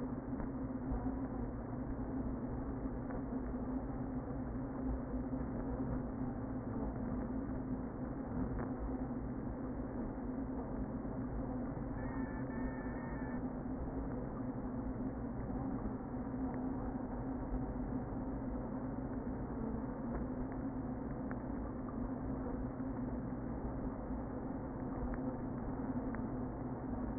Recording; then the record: honeybee colony, microphone inside the hive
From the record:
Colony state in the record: queen present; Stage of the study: before two queens were removed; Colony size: about 60,000 bees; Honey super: yes